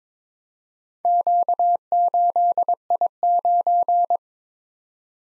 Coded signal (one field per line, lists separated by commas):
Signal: Morse code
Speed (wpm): 26 wpm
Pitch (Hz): 700 Hz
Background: none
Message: Q8I9